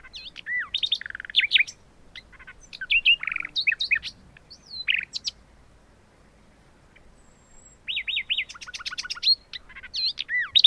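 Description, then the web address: Common nightingale song of rich trills and whistled notes, falling quiet midway, then resuming with repeated whistles and a rapid buzzy trill over faint hiss. "agykontroll Madardalok Cd 2. Fülemüle"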